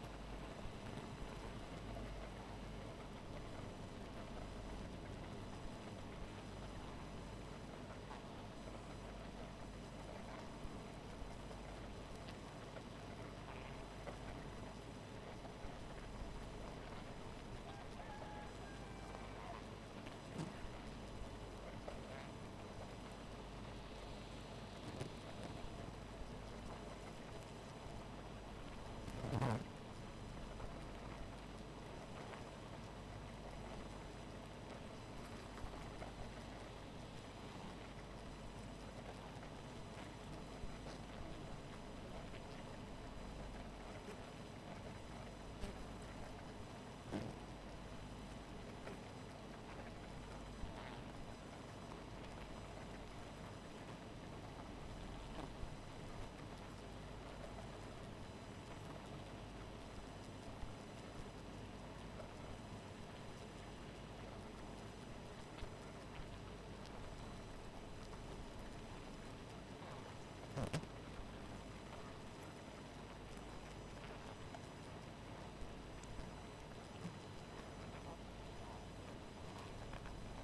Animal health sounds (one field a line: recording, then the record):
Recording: honeybee colony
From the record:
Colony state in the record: missing queen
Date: 14 July 2017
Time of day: 2:22